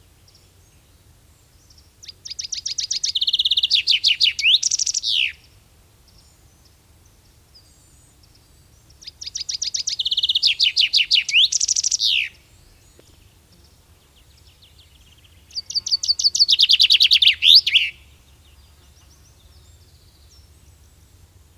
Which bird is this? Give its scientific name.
Fringilla coelebs